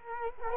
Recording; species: mosquito wingbeat signal from an infrared sensor; Culex quinquefasciatus